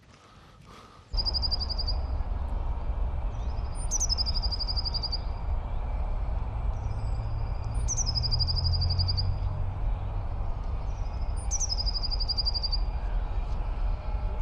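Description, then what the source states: Eurasian blue tit singing a high phrase, a sharp note then a fast trill, repeated about every four seconds over a steady low rumble. Nervous territorial song of alarm given after a sparrowhawk attacked and chased the bird; first spring blue tit of the year; early March; park with snowmelt water, Gdańsk, Poland.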